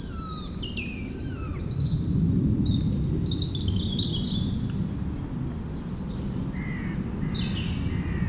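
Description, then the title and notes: European robin song of quick, tumbling high notes and short trills, repeated in bursts, over a heavy low drone of aircraft. Singing in the huge Meerdaalbos forest, Oud-Heverlee, Belgium, with planes taking off nearby. "3051 Oud-Heverlee, Belgium - Meerdaalbos. Into the huge forest called Meerdaalbos, the European Robin singing, and planes takeoffs"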